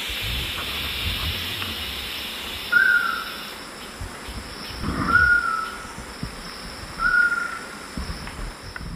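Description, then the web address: Screaming piha: three piercing whistled calls about two seconds apart, against a hissy background. Calls given at a lek in the eastern lowlands of South America. "S America Eastern Lowlands Lipaugus vociferans, call at lek"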